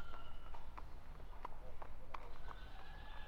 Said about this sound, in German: Da hinten ist ein großer Hof. Das sieht ja aus, als wären das alles Ställe. Und da sind auch Pferde. So viele Pferde habe ich noch nie zusammen gesehen. Das sind ja mindestens 50. Ich glaube, es ist ein Gestüt.